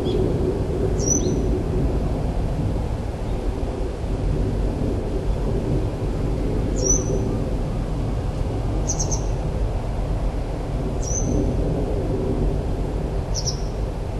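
White wagtail calls: five short, sharp high notes at irregular intervals, over a steady, loud low rumble like wind or traffic.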